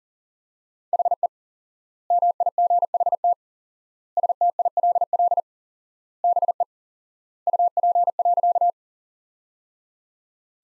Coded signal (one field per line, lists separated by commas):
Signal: Morse code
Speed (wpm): 40 wpm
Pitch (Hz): 700 Hz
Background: none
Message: HE MIGHT STILL BE UP.